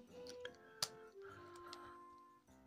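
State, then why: Not seated. Someone tries by hand to fit a plastic gear (armor) part onto a spinning-top layer while music plays underneath. Short plastic ticks sound at about 0.5, 0.8 and 1.7 s, the loudest at 0.8 s, but the part does not clip in and does not fit at all. Nothing has seated or clicked.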